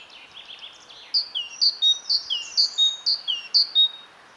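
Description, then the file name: Great tit calling with clear, high paired notes repeated steadily, each pair a sharp chip and a lower slurred note, after a softer jumble of faint chirps at the start. "Parus major"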